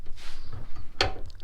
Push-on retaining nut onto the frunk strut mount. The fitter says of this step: and just push it on and that's it locks into place just like that